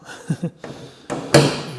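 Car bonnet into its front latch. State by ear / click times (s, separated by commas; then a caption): partly seated / 1.3 s. Someone talks briefly as the bonnet of a Vauxhall Corsa C or Combo is lowered and pushed down into its front latch, with a short scrape just before. At 1.3 s one loud metallic clack rings out as the latch engages on its first safety catch only, leaving the bonnet partly closed and not fully shut.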